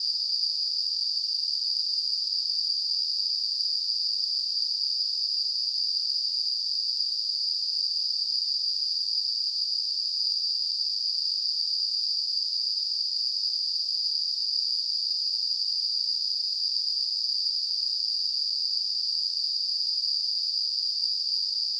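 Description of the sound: Simulated tinnitus generated by a device: a steady, continuous high-pitched hissing ring, a narrow band of noise centred around 5 kHz, unchanging in pitch and loudness throughout.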